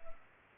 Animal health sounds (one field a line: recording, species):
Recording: mosquito wingbeat signal from an infrared sensor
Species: Culex pipiens